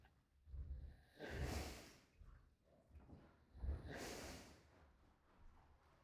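Two loud, rough, low snorting breaths about 2.5 seconds apart: a pregnant pig snoring at rest.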